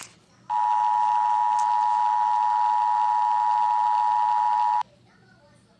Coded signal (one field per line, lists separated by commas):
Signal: Emergency Alert System (SAME) tones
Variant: 853 and 960 Hz attention tone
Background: speech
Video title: EAS Scenario: Nuclear Disaster Part 2